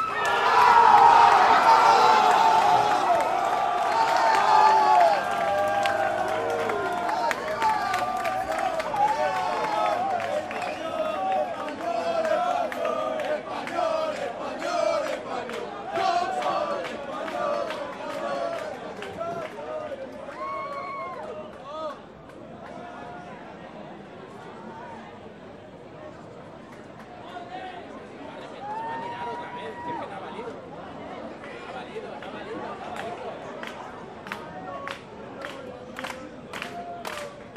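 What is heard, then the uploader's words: Soccer fans gathered around a square erupt in a loud crowd roar at the start, shouting and cheering, which gradually eases over the first twenty seconds. After that, scattered voices, whistles and sharp claps or knocks continue at a lower level, with talk and occasional calls echoing outdoors. Spanish soccer fans, Leidseplein Amsterdam. Spanish soccer fans watching the game (in café’s around the square) between Spain and Paraguay in the 2010 World Cup. This recording was made around the 58th minute were there several penalties in a row.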